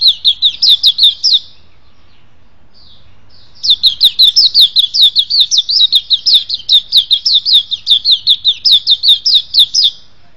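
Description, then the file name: White-eye singing a fast, high-pitched twittering warble, a short burst first, then a brief pause and a longer run of quick slurred notes. "suara pleci"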